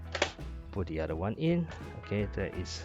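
After one magazine of a coupled pair is dropped and the pair is flipped over, the other magazine is pushed into the magazine well of a toy Uzi submachine gun. Two sharp, short clicks are heard in quick succession at about 0.2 s as it seats, and someone talks over music. The magazine is seated.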